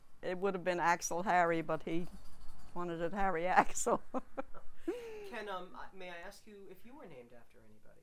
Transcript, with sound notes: It would have been Axel Harry but he wanted it Harry Axel. (she laughs)
Can, may I ask you if you were named after anybody?